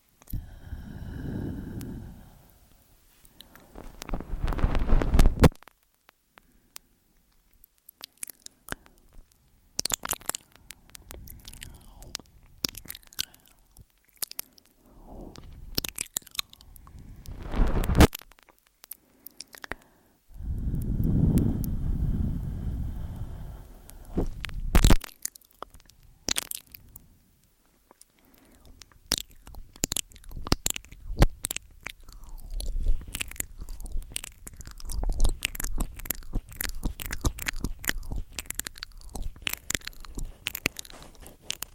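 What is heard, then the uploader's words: Ear-eating sounds: wet mouth clicks, smacks and crunchy bites come in quick, irregular bursts throughout. Several longer, breathy low rushes swell near 4, 17 and 21–24 seconds. After about 28 seconds the crackly clicking grows denser and faster. Simple Ear Eating, Complex Tingels ~ ASMR TASCAM.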